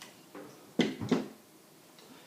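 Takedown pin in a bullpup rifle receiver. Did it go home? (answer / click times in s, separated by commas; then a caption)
released / 0.8 s. During a field strip of a Bushmaster M-17S bullpup rifle, a steel takedown pin in the receiver is pulled out to its captive stop. It clicks sharply into its captive detent at 0.8 s, followed by a second, softer click at 1.1 s, after a faint tap at the very start. The pin is released, freeing the upper receiver to rock forward.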